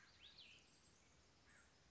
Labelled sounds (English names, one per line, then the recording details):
Cassin's Vireo
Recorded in Sonoma County, California